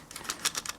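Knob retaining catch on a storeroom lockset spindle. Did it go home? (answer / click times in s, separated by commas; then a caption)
no / none. A door knob is refitted onto the spindle of a Carbine PN3062 fire-rated, commercial-grade storeroom lockset after the cylinder is pushed in and turned. A quick series of short, bright clicks and taps is heard, but the knob's retaining catch has not clicked yet, even though the knob is back on.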